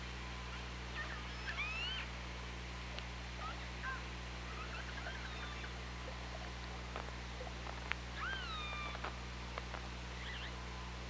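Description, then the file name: Killer whale calls, several curving tonal squeals with harmonics spread throughout, mixed with clicks, over steady low hum and hiss. Recorded by OrcaLab hydrophone, 24 August 2017, 15:55:35. "Orca Lab UTLN JASON 20170824 155535 ORCALABDYNI"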